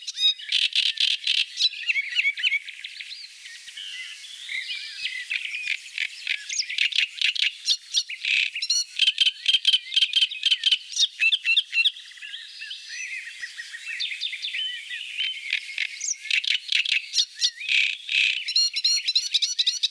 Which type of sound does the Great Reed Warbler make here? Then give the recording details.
song. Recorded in the wild. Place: NSG Kittlitzer Hofsee, Schleswig-Holstein, DE. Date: 1986-05-13. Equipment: Uher Report Monitor. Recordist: Schwarz, Dieter. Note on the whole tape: Song